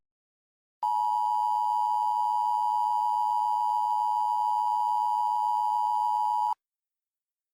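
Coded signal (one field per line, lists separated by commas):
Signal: Emergency Alert System (SAME) tones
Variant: 853 and 960 Hz attention tone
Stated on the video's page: Fictional, simulated EAS alert made for entertainment; the final segment lacks the EAS tones.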